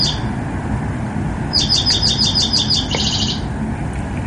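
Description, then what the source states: Dark-eyed Junco song: a high trill of several quick, repeated notes, ending in a briefer, faster buzzy flourish, with low background hum throughout. Midday song, played as an example of a trilled song; about eight trills per phrase.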